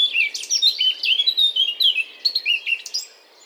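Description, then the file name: Eurasian blackcap warbling quickly, a run of varied whistled and chattering notes that trails off toward the end. "Sylvia atricapilla"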